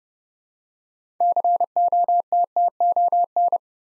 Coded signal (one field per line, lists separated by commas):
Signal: Morse code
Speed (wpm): 30 wpm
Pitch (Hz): 700 Hz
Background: none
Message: COTTON